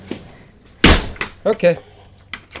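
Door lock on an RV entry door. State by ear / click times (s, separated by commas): seated / 2.3 s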